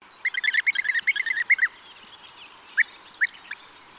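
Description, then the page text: European bee-eater calls, a rapid burst of about a dozen rolling, liquid notes in the first second and a half, then three spaced single calls, against a quiet background. "European Bee-eater (Merops Apiaster). KÜRE Encyclopedia"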